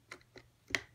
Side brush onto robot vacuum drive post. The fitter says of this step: and and you got to hear a click